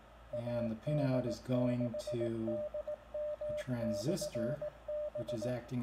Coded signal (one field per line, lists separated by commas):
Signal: Morse code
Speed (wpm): 18 wpm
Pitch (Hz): 600 Hz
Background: speech, radio noise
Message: AD6DM/B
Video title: Arduino CW Beacon Proof of Concept for Foxhunting, Propagation Testing